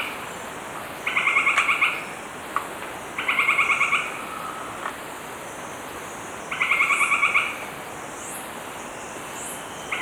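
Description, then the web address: Northern White-crowned Tapaculo repeating roughly one-second bursts of fast, even churring notes every few seconds, with occasional thin, high upslurred chirps. Ecuador. "Birds of Ecuador 3-01 Northern White-Crowned Tapaculo"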